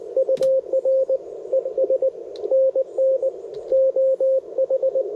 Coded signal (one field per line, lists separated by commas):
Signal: Morse code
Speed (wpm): 22 wpm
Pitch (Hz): 530 Hz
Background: radio noise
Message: UR ES NN OH